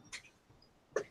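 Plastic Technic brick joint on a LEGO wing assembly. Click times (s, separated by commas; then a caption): 1.0 s. A plastic LEGO Technic piece is pushed into an angled connection on a LEGO wing assembly, with a faint brief rustle near the start. A sharp click at 1.0 s marks the joint locking into place at an angle, seated.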